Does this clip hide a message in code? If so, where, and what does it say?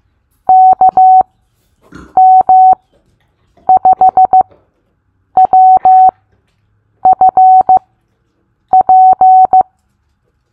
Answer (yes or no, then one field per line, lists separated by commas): yes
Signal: Morse code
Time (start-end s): 0.5-9.6 s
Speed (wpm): 15 wpm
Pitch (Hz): 750 Hz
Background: none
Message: KM5WFP